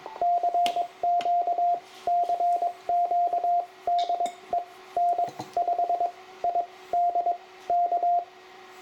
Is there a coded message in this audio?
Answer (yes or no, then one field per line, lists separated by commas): yes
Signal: Morse code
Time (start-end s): 0.2-8.2 s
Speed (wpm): 22 wpm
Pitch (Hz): 700 Hz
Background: radio noise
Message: CQ CQ DE N5ID K